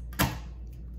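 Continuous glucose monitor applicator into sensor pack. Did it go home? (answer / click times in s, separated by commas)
yes / 0.1 s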